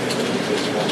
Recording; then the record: background sound without coughing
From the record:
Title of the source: Office Sounds Ambience - Background Noise for Study and Work